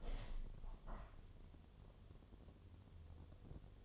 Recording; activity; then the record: daily activity, microphone in the room; open window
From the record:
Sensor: 4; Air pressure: 1007.4 hPa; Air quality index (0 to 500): 200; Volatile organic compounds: 7 ppm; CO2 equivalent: 1986 ppm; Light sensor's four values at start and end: 23/73/28/27 and 23/73/28/27